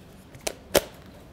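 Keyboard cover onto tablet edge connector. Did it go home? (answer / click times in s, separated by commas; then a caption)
yes / 0.5 s, 0.8 s. A magnetic touch cover keyboard for a Microsoft Surface tablet is brought to the tablet's edge connector and attaches. Two sharp snaps are heard at 0.5 s and 0.8 s, the second louder, and the cover is seated on the tablet.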